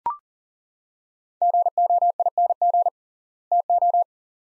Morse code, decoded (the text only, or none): GOING TO